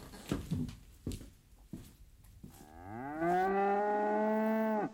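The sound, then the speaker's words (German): A cow lets out a long, loud moo with a rising, sustained tone lasting nearly two seconds, preceded by a few short, sharp knocks and scuffs. “Ich wachte auf vom Muhen der Kühe.”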